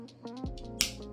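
A plastic head for a Hasbro Transformers The Movie Studio Series 86 Megatron action figure is popped onto the neck peg of a swapped body. Over steady background music, a sharp click sounds at 0.8 s as the head snaps onto the peg and is seated.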